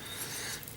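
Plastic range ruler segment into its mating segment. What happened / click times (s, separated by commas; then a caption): The plastic sections snapped together / 0.6 s, 0.7 s. Two plastic range ruler segments from a miniatures game are slotted together by their male and female connectors. Two quick clicks are heard at 0.6 s and 0.7 s over a steady rubbing, mechanical background. The segments seat together and fit well.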